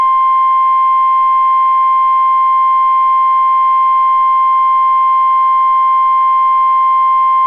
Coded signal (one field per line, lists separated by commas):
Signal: Emergency Alert System (SAME) tones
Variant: 1050 Hz attention tone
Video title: 2/2/22 - WNG676 Required Weekly Test (Groundhog Day Edition!) (EAS #350)